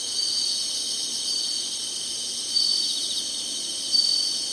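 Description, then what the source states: Dense high insect trilling continues steadily, with two short louder notes in the second half. Summer.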